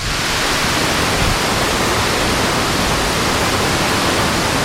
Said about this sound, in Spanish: El río no pasa, el río ruge, como estamos comprobando en este salto de agua aquí en la mitad del puente, en esta presa del Guadalquivir. Lo escuchamos en directo.